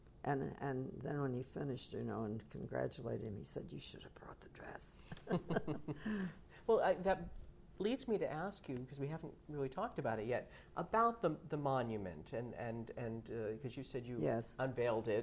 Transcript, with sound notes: And, and then, when he finished it, you know, and congratulated me, he said, "You should have brought the dress." (they laugh)
Well, that leads me to ask you, because we haven't really talked about it yet, about the, the monument and, and, and, because you said you unveiled it...